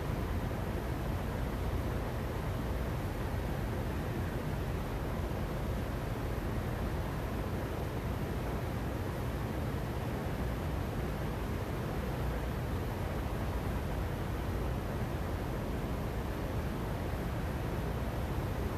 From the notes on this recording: A drone of air conditioners with a dash of jets and helicopters